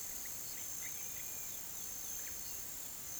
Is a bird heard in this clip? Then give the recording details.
no. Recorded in pastures near Puerto Asís, Putumayo, Colombia, on 22 June 2025 at 17:30. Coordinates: 0.486, -76.323. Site H29